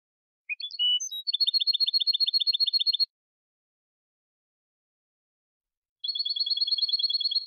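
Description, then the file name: European goldfinch singing: a few varied notes lead into a fast, steady trill, then a pause before a second rapid trill starts. Recorded in 2019; the song is described as clean goldfinch song (canto limpio). "Canto del Jilguero Limpio 2019 Chant chardonneret 2019"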